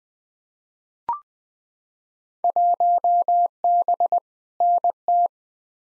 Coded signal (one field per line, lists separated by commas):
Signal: Morse code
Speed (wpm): 20 wpm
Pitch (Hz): 700 Hz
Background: none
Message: 1B NT